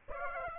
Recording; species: mosquito wingbeat signal from an infrared sensor; Aedes aegypti